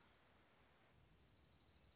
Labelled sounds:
Dark-eyed Junco
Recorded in Sonoma County, California

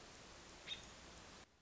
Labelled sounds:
American Robin
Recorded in Sonoma County, California

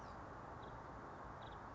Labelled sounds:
Nuttall's Woodpecker
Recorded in Sonoma County, California

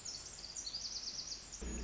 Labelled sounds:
Pacific Wren
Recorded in Sonoma County, California

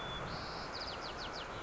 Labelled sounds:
White-crowned Sparrow
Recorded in Sonoma County, California

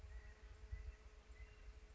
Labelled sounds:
California Quail
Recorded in Sonoma County, California

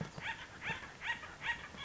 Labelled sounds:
Acorn Woodpecker
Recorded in Sonoma County, California

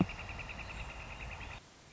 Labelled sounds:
Northern Flicker
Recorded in Sonoma County, California

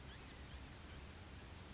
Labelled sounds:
Blue-gray Gnatcatcher
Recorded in Sonoma County, California

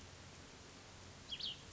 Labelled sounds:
Cassin's Vireo
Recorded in Sonoma County, California

